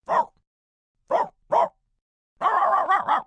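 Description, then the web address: Dog barking: a single bark, then a pair of quick barks, then a longer rough burst ending in two more barks, mid-pitched and harsh, with silence between. "Voice Box. Dog Bark"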